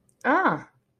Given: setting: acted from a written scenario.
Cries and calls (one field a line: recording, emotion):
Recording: vocal sound without words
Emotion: interest